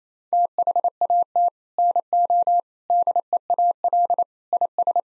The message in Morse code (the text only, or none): THAT NO DEAL IS